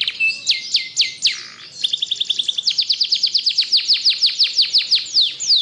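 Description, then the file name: Canary singing continuously, from quick dropping whistles into a long run of rapid, evenly spaced downslurred notes at high pitch. Singing in the continuous, nonstop style called ngebren. "Suara Kenari Ngebren"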